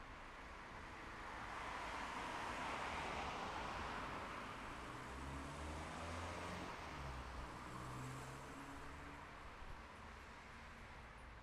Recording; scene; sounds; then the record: everyday scene through a hearing-aid microphone; in traffic; traffic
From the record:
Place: city secondary road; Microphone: behind the ear, left, front